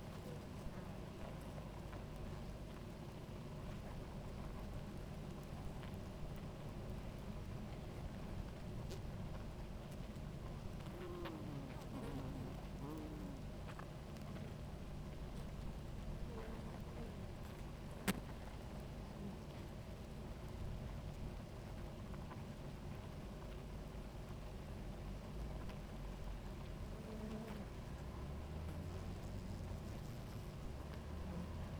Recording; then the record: honeybee colony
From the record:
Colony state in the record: active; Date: 28 July 2017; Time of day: 17:28